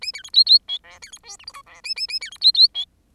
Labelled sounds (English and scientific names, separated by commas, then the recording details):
Bengalese Finch (Lonchura striata domestica) song
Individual Bird10